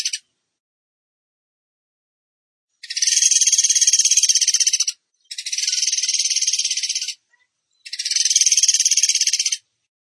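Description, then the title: Bird song: three long, high, buzzy rattling trills of rapid even pulses, each about two seconds, separated by short pauses. Training song (masteran) for teaching songbirds, in the tembakan gacor style. "Masteran Burung Tembakan Gacor"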